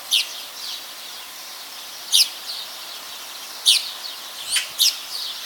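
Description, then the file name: Eurasian magpie calls: short, harsh, rasping notes spaced irregularly, one every second or two, with a close pair near the end, against faint steady hiss. "Pica pica"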